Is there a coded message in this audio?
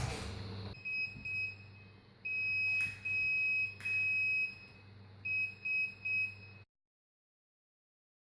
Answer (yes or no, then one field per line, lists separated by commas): yes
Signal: Morse code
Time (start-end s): 0.9-6.3 s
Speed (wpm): 6 wpm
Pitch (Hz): 2550 Hz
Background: none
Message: IOS